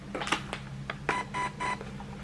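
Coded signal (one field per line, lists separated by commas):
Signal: beep code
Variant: Gate Titan MOSFET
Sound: clicks of a battery being plugged in, then 3 short mid-pitched electronic beeps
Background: handling clicks, small room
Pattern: 3 short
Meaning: Three beeps mean a 3-cell LiPo battery has been detected and registered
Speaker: When you plug in a battery, you hear some beeps showing that it's registering that's a battery. 2 beeps for a 2-cell LiPo, 3 beeps for a 3-cell LiPo.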